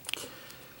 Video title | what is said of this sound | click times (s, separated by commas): Toy Spot - DC Collectibles DC Icons The Joker Figure | ball joint just pop that back into place | 0.1 s